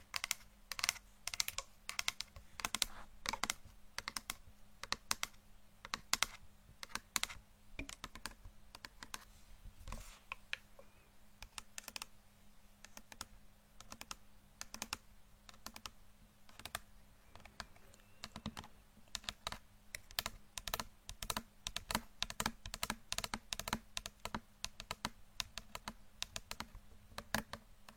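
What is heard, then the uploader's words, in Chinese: Crisp tapping clicks run for the whole half minute in quick, uneven bursts, much like typing on a keyboard. The taps thin out briefly around ten and eighteen seconds, then grow denser toward the end. A steady low hum sits underneath throughout. 敲击大脑/指尖刺痛（声控助眠）。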